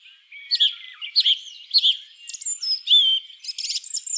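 Song thrush song: a short fluting phrase repeated three times, followed by varied whistles and a burst of harsh, rapid notes.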